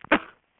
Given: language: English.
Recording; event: throat vibration sensor signal played as sound; cough